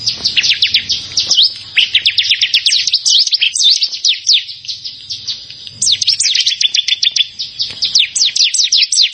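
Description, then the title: Bar-winged prinia delivering dense, high, rapid chirping phrases with sharp slurred notes, briefly easing off before resuming at full pace. "Ciblek Sawah"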